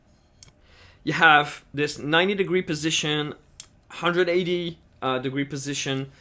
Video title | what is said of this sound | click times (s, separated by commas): THE SABER FACTORY MONTHLY DIGEST - March 2024 | here the click | 0.4 s